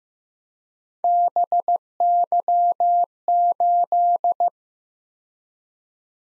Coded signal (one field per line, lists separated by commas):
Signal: Morse code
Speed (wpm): 15 wpm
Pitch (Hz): 700 Hz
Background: none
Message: BY8